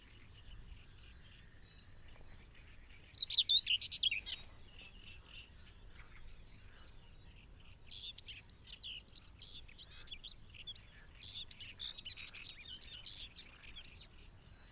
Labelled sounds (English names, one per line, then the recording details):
Common Whitethroat
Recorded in the wild
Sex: male
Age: adult
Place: Hobrechtsfelder Rieselfelder, Naturpark Barnim, Brandenburg, DE
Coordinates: 52.6681, 13.4717
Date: 2008-05-12
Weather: clear, ca. 15°C, no wind
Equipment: Sound Devices 702, Sennheiser MKH 70, Windkorb
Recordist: Frommolt, Karl-Heinz